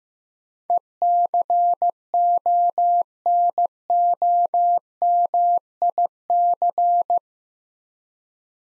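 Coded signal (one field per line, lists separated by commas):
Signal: Morse code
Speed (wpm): 15 wpm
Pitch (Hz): 700 Hz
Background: none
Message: ECONOMIC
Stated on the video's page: Morse code practice of eight-letter words at 15 wpm for head-copy, each word sent, then spoken, then sent again.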